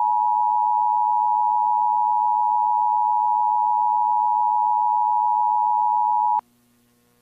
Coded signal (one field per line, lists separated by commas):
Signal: Emergency Alert System (SAME) tones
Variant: 853 and 960 Hz attention tone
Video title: [MOCKED] GMA - Emergency Broadcast System THIS IS NOT A TEST (2007)